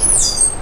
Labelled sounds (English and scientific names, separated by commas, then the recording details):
Stitchbird (Notiomystis cincta) song
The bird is a male
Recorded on Tiritiri Matangi Island, New Zealand, in 2005
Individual 12, of nest box 16